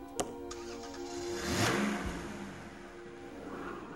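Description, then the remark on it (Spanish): A sharp click, then the engine of Andy's car turns over and catches, revving up to a loud swell before easing into a steady, fading drone as it drives off. No voices. “Desde allí, Woody pudo oír el coche de Andy arrancar y marcharse.”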